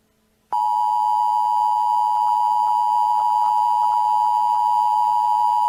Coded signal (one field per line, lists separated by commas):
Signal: Emergency Alert System (SAME) tones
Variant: 853 and 960 Hz attention tone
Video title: EAS fallen pines